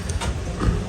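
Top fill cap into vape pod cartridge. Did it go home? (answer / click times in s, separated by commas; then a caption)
yes / 0.1 s. The just-opened top-fill cap of a Drag X Pro pod mod is pushed back closed onto the vape pod cartridge, giving a short click at 0.1 s. A second, longer knock follows at about 0.2 s over a low background rumble. The cap locks back in place.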